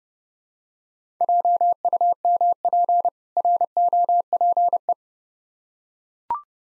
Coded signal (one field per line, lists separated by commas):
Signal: Morse code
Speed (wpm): 30 wpm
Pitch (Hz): 700 Hz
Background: none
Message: JUMP ROPE